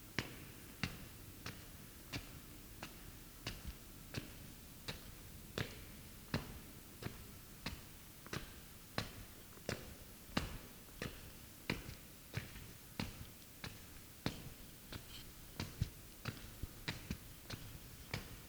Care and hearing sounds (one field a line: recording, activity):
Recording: daily activity, guitar pickup as the sensor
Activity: walk